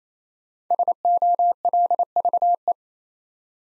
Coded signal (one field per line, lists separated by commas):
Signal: Morse code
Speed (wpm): 27 wpm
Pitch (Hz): 700 Hz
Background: none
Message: SOLVE